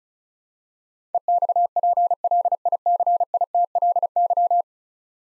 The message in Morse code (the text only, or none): EXPLICITLY